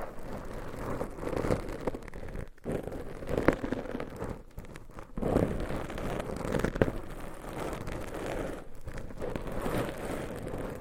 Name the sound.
Binaural Mic Scratching , Massage & Tapping